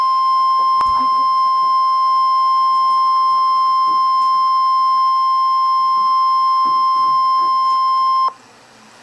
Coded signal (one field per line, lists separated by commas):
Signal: Emergency Alert System (SAME) tones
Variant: 1050 Hz attention tone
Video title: Tornado Warning (EAS #311)